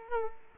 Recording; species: mosquito wingbeat signal from an infrared sensor; Culex quinquefasciatus